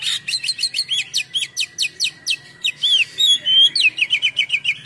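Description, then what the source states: Oriental magpie-robin song: rapid repeated sweeping chirps, several per second, then a drawn whistle and a fast series of clipped notes. Full song in top singing form (gacor) with a rich repertoire of imitated phrases (full isian, mewah).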